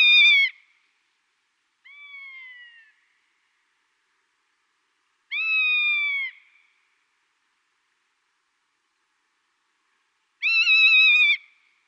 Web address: Schulze Peter Rough-legged Buzzard